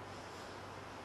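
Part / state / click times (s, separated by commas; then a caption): wire connector going into the gimbal controller board housing / not seated / none. A small wire connector for the CAME 7000 3-axis gimbal controller board is held steady against the board housing, lined up with the white line before being pushed through. Only a steady broadband hiss with a low hum is heard for about 1.1 seconds, with no sudden sounds. Nothing has seated or clicked yet.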